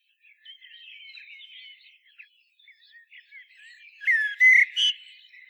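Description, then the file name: Common blackbird singing: soft warbling at first, then a loud burst of rich whistled notes with a high squeaky flourish near the end. "Turdus merula"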